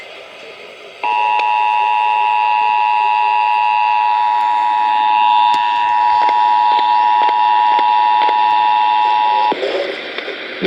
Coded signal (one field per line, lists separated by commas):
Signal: Emergency Alert System (SAME) tones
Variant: 853 and 960 Hz attention tone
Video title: EAS/NWR Alert or message #793-801: Ohio Required Monthly Test